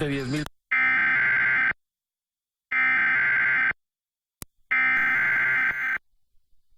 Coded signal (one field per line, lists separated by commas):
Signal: Emergency Alert System (SAME) tones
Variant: header bursts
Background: speech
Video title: EAS Test On Univision WUVP-DT February 5, 2015